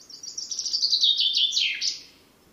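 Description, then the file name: Common chaffinch song: a rapid, bright trill of high notes stepping downward in pitch, ending in a short falling flourish, about two seconds long, over a quiet background. "Fringilla coelebs"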